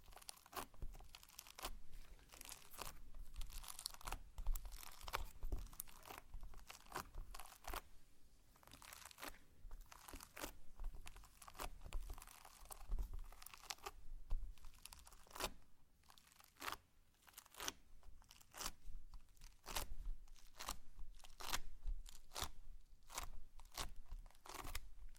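Slime being squeezed and worked makes a steady stream of crisp, crackling pops and crunchy clicks for the whole stretch. The snaps come fast and irregular, some sharper and brighter than others, over a soft low rumble.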